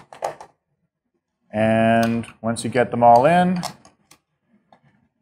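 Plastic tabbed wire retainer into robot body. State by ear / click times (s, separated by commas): not seated / none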